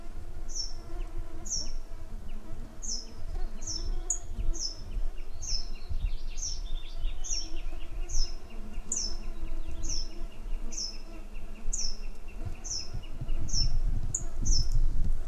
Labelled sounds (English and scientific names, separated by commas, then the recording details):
Brambling (Fringilla montifringilla)
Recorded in the wild
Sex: male
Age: adult
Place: Halbinsel Kindo, Karelien, RU
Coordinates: 66.5472, 33.0439
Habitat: taiga
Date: 1994-06-23 18:21
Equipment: Sony TCD-D3, Sennheiser ME 80, K 30 AV (I), Windschutz
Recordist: Frommolt, Karl-Heinz